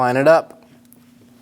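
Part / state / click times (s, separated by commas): fluid level sensor connector into brake master cylinder / seated / 0.9 s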